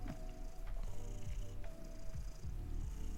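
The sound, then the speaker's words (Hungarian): A domestic cat purrs in a steady, low, rumbling drone that carries on unbroken for about three seconds, with a few brief higher chirps on top and no one talking. “A macskával nem játszunk, a macska nem játék.”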